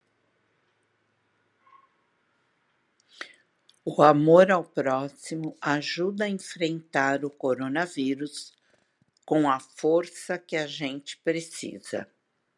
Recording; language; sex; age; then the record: spoken sentence; Brazilian Portuguese; female; 60 to 69 years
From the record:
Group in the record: control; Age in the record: 69 years